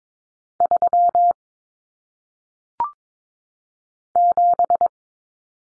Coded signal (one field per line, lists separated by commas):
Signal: Morse code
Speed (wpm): 22 wpm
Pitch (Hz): 700 Hz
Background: none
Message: 3 7